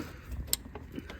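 An electrical connector is plugged back into its radiator/sensor socket on a 2010 BMW 320d with the N47 engine, just after a new radiator has been fitted. A sharp, bright click at 0.5 s marks the connector latching and seating. Two fainter ticks follow at about 0.8 s and 1.1 s over a low background rumble.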